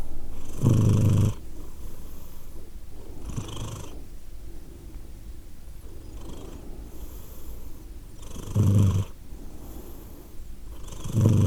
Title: Edith purring, Glasgow, Scotland in December 2023 – by Steve Urquhart